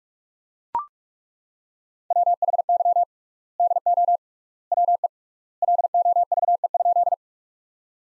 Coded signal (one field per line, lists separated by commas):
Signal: Morse code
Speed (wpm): 42 wpm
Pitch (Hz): 700 Hz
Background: none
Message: WHY DO WE LOVE?